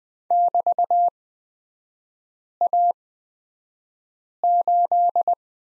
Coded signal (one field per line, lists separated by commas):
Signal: Morse code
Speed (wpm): 20 wpm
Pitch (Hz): 700 Hz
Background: none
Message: <BT>A8